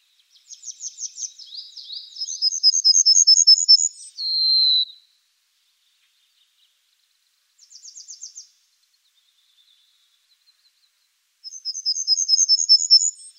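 Pine bunting singing repeated phrases of rapid, high, tinkling notes, one ending in a long lower drawn note, with a brief quieter phrase in between.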